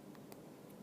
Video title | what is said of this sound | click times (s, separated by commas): JewelleryMaker LIVE 16/02/19 6PM-10PM | can hear the click did you hear that then | 0.2 s, 0.3 s